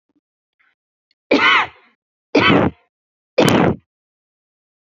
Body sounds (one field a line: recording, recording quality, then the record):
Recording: heavy voluntary cough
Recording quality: excellent, no background noise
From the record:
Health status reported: healthy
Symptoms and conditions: none ticked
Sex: female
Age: 25 years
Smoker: not ticked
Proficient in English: yes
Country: India